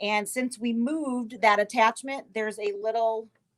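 Someone talks while a plastic roll-feeder holder piece is handled toward its mounting bar and small cutout on a Scan N Cut cutting machine's roll feeder. Only speech is heard, with no tick or click. Nothing has seated or clicked yet; the clip ends just before the part goes home.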